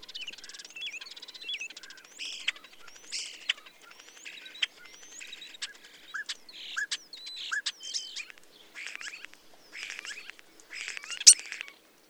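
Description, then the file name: Common starling singing a varied medley of whistles, clicks, rattles and wheezy squeaks in quick changing bursts, with a loud sharp note near the end. "European Starling"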